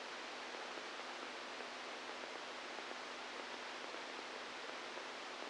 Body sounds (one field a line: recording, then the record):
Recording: brain microelectrode recording played as sound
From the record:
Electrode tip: outside the subthalamic nucleus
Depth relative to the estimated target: 3 mm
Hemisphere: right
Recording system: NeuroSet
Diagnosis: Parkinson's disease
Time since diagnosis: 8 years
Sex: male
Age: 46 years